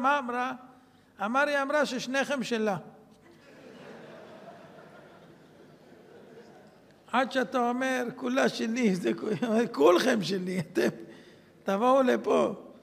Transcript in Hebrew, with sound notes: מה אמרה?' אמר: 'היא אמרה ששניכם שלה...' [צחוק בקהל] עד שאתה אומר 'כולה שלי'... - 'כולכם שלי, אתם תבואו לפה'.